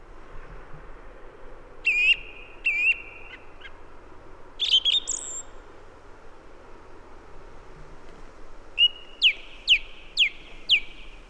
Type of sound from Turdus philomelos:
song